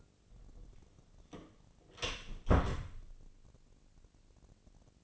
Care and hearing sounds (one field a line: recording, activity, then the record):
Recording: daily activity, microphone in the room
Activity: close door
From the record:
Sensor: 4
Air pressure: 1013.2 hPa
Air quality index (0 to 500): 179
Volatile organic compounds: 2 ppm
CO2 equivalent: 1125 ppm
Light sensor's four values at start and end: 83/208/86/90 and 65/158/66/66